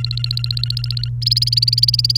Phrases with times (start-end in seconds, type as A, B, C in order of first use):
0.00-1.08 A, 1.22-2.17 B